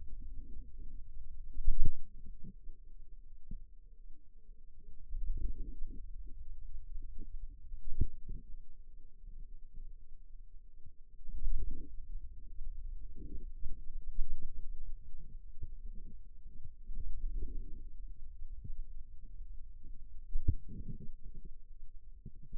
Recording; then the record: forearm muscle sounds (acoustic myography)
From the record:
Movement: radial deviation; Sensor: system 2, bracelet of six BSWA MPA416 microphones around the upper forearm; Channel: 1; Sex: female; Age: 23 years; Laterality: right